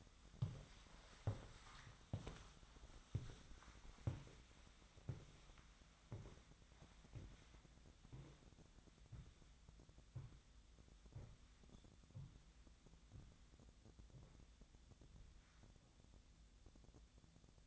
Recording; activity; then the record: daily activity, microphone in the room; walk to room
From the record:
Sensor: 3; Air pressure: 1010.0 hPa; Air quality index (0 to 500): 184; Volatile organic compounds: 13 ppm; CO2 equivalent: 2407 ppm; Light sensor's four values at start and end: 40/98/42/45 and 40/100/43/46